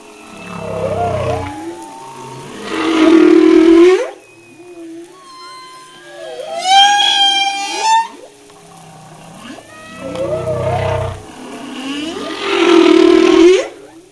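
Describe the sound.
Humpback whale song alternating long harmonic groans with rising wails, and in the middle a bright burst of fast rattling high notes followed by whistled upsweeps.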